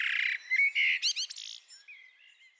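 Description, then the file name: Common blackbird calls: loud harsh notes followed by quick stacked chuckling notes, then fading thin twitters. "Turdus merula"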